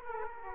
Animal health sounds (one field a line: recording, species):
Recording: mosquito wingbeat signal from an infrared sensor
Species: Aedes aegypti